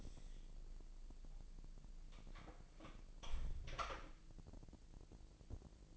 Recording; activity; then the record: daily activity, microphone in the room; close door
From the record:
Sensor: 5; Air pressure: 1001.2 hPa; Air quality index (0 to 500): 248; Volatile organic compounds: 35 ppm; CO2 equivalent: 3062 ppm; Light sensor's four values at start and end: 36/83/33/31 and 36/83/33/32